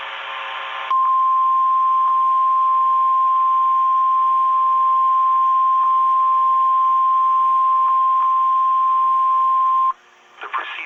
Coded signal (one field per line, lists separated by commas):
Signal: Emergency Alert System (SAME) tones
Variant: 1050 Hz attention tone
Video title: EAS 755 KEC80 RWT